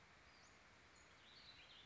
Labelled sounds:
Western Flycatcher

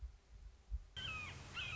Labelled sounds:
Red-shouldered Hawk

